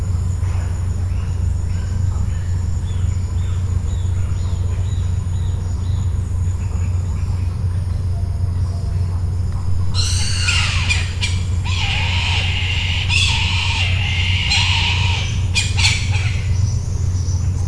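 Bird squawks: a burst of harsh, noisy squawking calls in the second half, repeated several times with short gaps, over a steady low hum.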